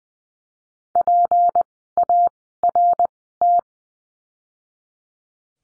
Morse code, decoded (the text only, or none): PART